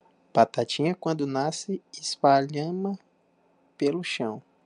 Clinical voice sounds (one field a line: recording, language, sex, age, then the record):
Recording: short text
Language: Brazilian Portuguese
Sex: male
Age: 20 to 29 years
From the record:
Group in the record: control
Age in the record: 29 years